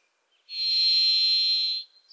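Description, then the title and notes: Varied thrush producing a single pure, buzzy whistled note, steady in pitch and held a little over a second, alone against a quiet background. Pacific Northwest forest; unmastered recording. "The Varied Thrush, Ixoreus naevius, is a wisp in the forests of the Pacific Northwest."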